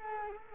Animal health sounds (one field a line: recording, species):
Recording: mosquito wingbeat signal from an infrared sensor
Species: Culex quinquefasciatus